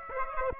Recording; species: mosquito wingbeat signal from an infrared sensor; Aedes aegypti